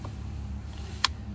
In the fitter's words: you go clicks into place